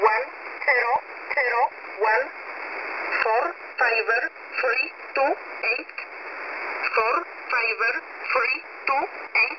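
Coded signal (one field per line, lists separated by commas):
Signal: numbers station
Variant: E11a, English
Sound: synthetic voice reading numbers one by one, like "four, five, three, two, eight", over radio hiss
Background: radio static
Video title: E11a Message 19/07/2023 0900 UTC 9052kHz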